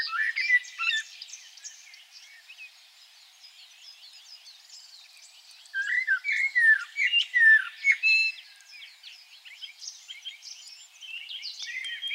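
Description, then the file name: Common blackbird song: a burst of rich, mellow warbled phrases in the middle, with faint high twittering throughout. "Turdus merula"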